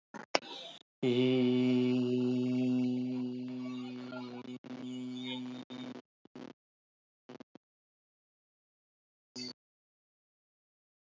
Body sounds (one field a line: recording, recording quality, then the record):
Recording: sustained vowel as in beet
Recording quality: moderate, slight background noise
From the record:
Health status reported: healthy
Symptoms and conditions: none ticked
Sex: male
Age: 34 years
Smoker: not ticked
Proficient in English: yes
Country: India